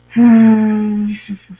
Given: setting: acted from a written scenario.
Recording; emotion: vocal sound without words; anger